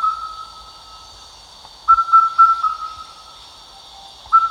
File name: indian cuckoo